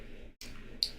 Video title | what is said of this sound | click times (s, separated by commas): Blade Talk Daily ep. 251 (8am CST -06:00GMT) GAW winner announced - Happy humpday! | So if I let that go, I don't know if you can tell that, but that's locked in place. | 0.8 s